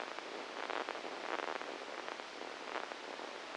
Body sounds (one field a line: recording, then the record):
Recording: brain microelectrode recording played as sound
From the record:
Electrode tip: inside the subthalamic nucleus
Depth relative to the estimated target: -1 mm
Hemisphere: left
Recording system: NeuroSet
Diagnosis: Parkinson's disease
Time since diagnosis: 9 years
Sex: female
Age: 51 years